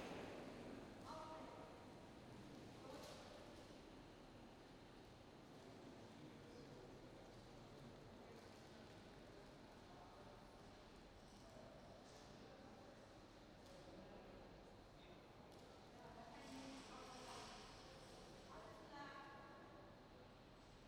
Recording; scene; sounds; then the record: everyday scene through a hearing-aid microphone; reverberant space; background noise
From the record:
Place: railway station hall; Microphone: in the ear canal, right